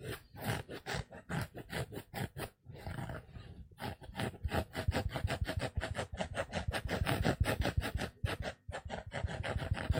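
A sponge is scratched in quick back-and-forth strokes with a rough, rasping grain. Separate strokes with short gaps open the clip, a denser smeared stretch follows, then fast, fairly regular scrubbing runs to the end, with brief pauses around two and eight seconds.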